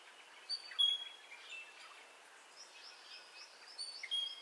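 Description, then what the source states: Bird: bright high chirps punctuate a soft background of many birds twittering and whistling at dawn. Dawn ambience of bird calls, recorded in stereo.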